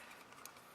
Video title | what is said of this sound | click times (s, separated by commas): Alocs 2 person Campstove Review | press style to squeeze together and it locks into place for the handle | 0.5 s